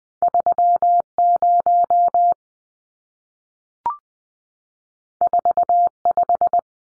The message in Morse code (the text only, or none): 30 45